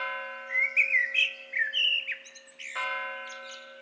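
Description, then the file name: Common blackbird song: rich, fluty whistled phrases that wander up and down, with a steady electrical hum running underneath throughout. "Turdus merula"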